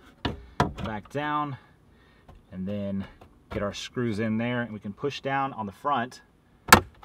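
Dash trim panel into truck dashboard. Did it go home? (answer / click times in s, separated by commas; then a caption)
yes / 6.7 s. Someone talks while a plastic dash trim panel is pushed down at the front into the dashboard of a 2017–2020 Ford F-250. A sharp click is heard at 6.7 s as its pressure clips snap into place and the panel seats.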